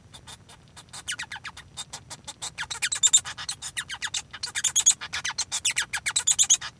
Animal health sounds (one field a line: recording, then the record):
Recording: song of a male Bengalese finch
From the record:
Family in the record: son of father 1